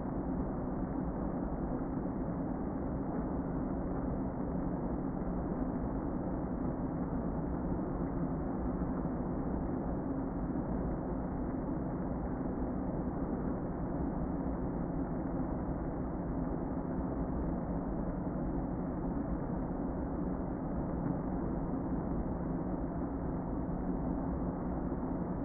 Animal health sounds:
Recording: honeybee colony, microphone inside the hive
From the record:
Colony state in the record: queen present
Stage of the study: before two queens were removed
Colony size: about 60,000 bees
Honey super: yes

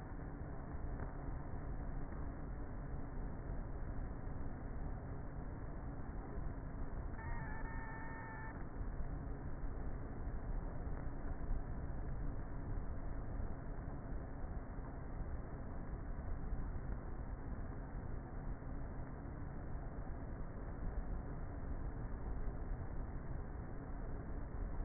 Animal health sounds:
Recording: honeybee colony, microphone inside the hive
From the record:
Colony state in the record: queenless with a low population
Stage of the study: before two queens were removed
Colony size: about 30,000 bees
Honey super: no

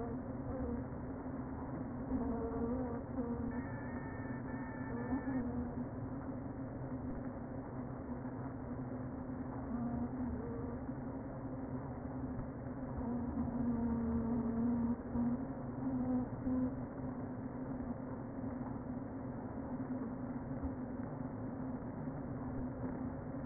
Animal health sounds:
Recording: honeybee colony, microphone inside the hive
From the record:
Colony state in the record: queen present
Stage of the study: before two queens were removed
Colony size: about 60,000 bees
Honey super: yes

